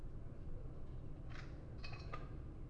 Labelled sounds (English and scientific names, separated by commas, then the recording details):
none
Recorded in Germany
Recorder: ecoPi